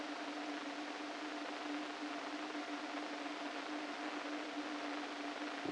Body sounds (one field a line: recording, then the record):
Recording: brain microelectrode recording played as sound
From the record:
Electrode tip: inside the subthalamic nucleus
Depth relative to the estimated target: -4 mm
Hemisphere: right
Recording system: NeuroSet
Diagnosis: Parkinson's disease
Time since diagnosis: 13 years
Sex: male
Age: 49 years